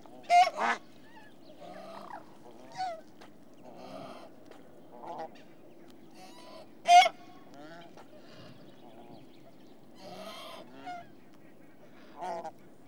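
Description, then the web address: Swan goose: geese giving scattered honks and short nasal calls, a few loud sharp ones standing out among softer chatter, over a steady low background hum. Several swan geese. "BBC Sound Effects Library. Swan Geese"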